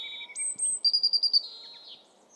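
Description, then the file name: European robin song: clear high whistles, then a fast series of bright notes on one pitch, fading into a falling slur. "Erithacus rubecula"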